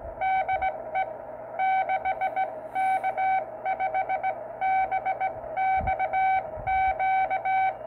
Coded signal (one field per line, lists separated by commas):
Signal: Morse code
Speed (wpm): 18 wpm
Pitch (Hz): 760 Hz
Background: none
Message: DE 6K5BXQ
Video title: Heathkit HW-8 40m Band CW QSO less 2watts QRPp소출력 전신 한글교신 with 6K5BXQ